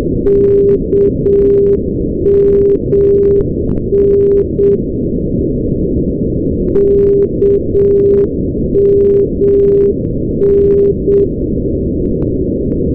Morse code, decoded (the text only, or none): KMN KMN